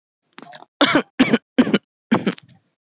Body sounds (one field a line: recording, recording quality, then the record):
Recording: shallow voluntary cough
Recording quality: moderate, slight background noise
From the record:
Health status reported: healthy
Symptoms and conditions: none ticked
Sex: female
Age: 28 years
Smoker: not ticked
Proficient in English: yes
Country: India